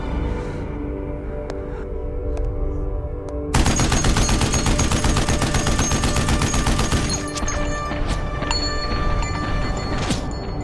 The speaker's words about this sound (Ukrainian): Згадав, як строчив з кулемета по своїх, і як вони падали.